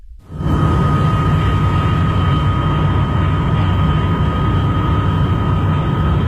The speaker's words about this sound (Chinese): 飞机缓缓地降落在北京首都国际机场。